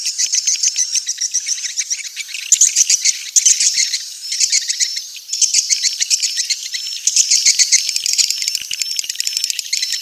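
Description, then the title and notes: Swiftlet chatter: bursts of rapid, high-pitched pulsed chirps separated by brief dips. Sound used for swiftlet farming in Asia. "Swiflet Bird Sound. Farming Swiflet Bird asia sound"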